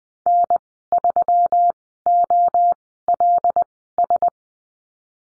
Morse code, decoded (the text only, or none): N 3 O L S